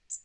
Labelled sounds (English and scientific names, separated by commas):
Magnolia Warbler (Setophaga magnolia) flight call